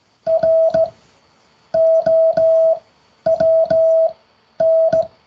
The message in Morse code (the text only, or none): ROWN